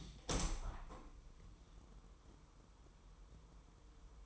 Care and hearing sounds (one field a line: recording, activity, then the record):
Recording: daily activity, microphone in the room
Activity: open window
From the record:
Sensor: 1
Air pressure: 1000.2 hPa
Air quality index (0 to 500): 245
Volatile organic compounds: 133 ppm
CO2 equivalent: 3944 ppm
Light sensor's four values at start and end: 10/26/10/11 and 11/28/11/12